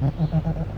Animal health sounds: contact call of a hoofed animal; goat; low-frequency (closed-mouth) or high-frequency (open-mouth) call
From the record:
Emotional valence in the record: negative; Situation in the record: short social isolation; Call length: 0.78 s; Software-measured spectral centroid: 920 Hz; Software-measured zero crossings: 520 a second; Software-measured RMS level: -23 dBFS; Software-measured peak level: -10 dBFS

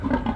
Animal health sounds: contact call of a hoofed animal; wild boar; grunt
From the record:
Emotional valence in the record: negative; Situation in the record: naturally occurring agonistic interactions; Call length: 0.36 s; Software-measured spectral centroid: 1160 Hz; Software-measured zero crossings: 830 a second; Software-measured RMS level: -24 dBFS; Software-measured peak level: -12 dBFS

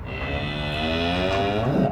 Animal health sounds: contact call of a hoofed animal; cattle; low-frequency (closed-mouth) or high-frequency (open-mouth) call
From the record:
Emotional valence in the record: negative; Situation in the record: full separation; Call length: 1.92 s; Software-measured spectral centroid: 1710 Hz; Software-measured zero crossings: 2120 a second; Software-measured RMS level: -24 dBFS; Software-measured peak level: -10 dBFS

